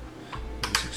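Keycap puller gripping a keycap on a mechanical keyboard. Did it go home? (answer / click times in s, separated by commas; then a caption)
yes / 0.6 s, 0.8 s. A keycap puller is pushed down over a HyperX double shot pudding keycap on a GK61 optical mechanical keyboard with red switches. A soft knock at 0.3 s is followed by two sharp clicks at 0.6 s and 0.8 s. The clicks show the puller has gripped the keycap so it can be pulled off.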